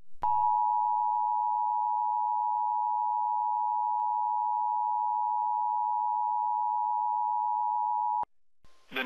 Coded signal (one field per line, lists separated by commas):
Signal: Emergency Alert System (SAME) tones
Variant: 853 and 960 Hz attention tone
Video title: FOX56 weather EAS (6/19/17) | NOT A TEST! |